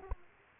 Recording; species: mosquito wingbeat signal from an infrared sensor; Aedes aegypti